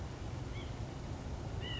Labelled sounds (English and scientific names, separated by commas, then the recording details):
White-breasted Nuthatch (Sitta carolinensis)
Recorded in Sonoma County, California